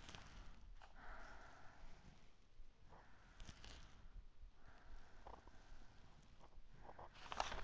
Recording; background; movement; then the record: deep breathing; quiet; sitting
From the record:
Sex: female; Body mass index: 18.8 kg/m2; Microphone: on the chest, facing the body